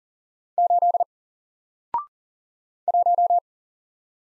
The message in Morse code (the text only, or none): 8 1